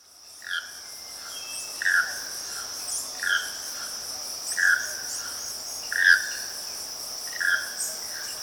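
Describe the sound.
Choco toucan giving rough, grating croaks at a steady pace of roughly one every one and a half seconds, while insects buzz continuously in the background.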